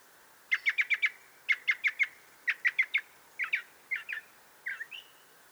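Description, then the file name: Northern mockingbird repeating sharp clipped notes in groups of four or five, each group about a second apart, then shifting to harsher slurred notes. "Northern Mockingbird - Mimus polyglottos"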